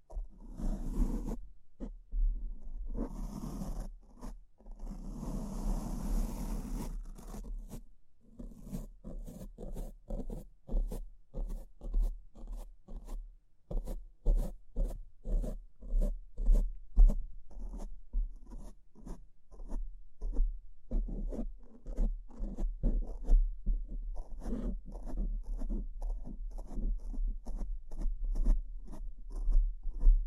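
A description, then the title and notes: Scratching sounds run throughout, made up of quick, dense strokes and short rasping scrapes. The first eight seconds hold longer, fuller rubbing bursts, and after that come rapid, regular clicks and scratches that keep going steadily. A low, constant hum sits underneath. ASMR S E N S I T I V E Brain Scratch (No Talking).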